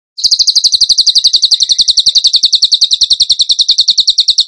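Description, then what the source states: Bird song: a long, fast, high-pitched trill of sharp repeated notes, steady and even throughout. Training recording (masteran) for teaching cage birds, in the rapid-fire tembakan gacor song style.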